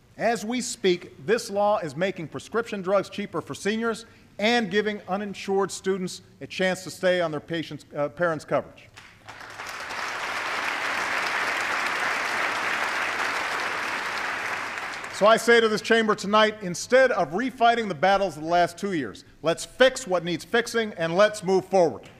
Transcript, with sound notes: As we speak, this law is making prescription drugs cheaper for seniors and giving uninsured students a chance to stay on their patients’ -- parents’ coverage. (Applause.) So I say to this chamber tonight, instead of re-fighting the battles of the last two years, let’s fix what needs fixing and let’s move forward.